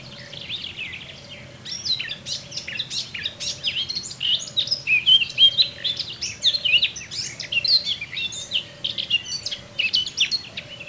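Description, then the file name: Eurasian blackcap warbling: long, rambling stream of rapid chattering and whistled notes, with a faint low tone repeated at intervals underneath. "Sylvia atricapilla"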